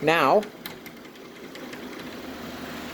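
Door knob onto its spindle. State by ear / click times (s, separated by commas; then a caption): seated / 0.7 s. Someone talks briefly as a Craftsman-style door knob is pushed onto its spindle while the spring pin is held down, and a sharp click at 0.7 s marks the pin snapping into place. Two fainter ticks follow at 0.9 s and 1.6 s over a low steady hum. The knob is locked on and won't come out, with the pin popped out on the other side.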